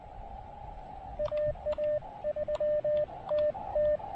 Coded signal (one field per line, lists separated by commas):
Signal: Morse code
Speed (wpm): 20 wpm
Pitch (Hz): 590 Hz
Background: radio noise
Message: AA3TT